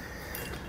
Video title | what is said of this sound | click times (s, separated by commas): etrailer - Install: Blue Ox Base Plate Kit on a 2022 Buick Encore GX | rotate it about a quarter turn until that pen locks into place | 0.3 s